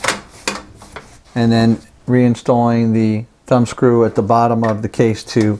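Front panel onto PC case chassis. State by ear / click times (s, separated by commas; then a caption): seated / 0.5 s. The front panel of a Lian Li PC-D600 aluminum PC case is lined up and pushed onto the front of the chassis, and its clips snap into place with a sharp hit at 0.5 s, followed by a softer tap near 1.0 s. The panel is seated, and then someone talks.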